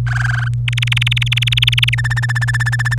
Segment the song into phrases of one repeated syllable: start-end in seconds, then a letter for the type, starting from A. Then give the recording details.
0.07-0.48 A, 0.68-1.95 B, 1.98-2.94 C, 2.98-2.98 D. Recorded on 27 April 2018 at 06:27. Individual llb3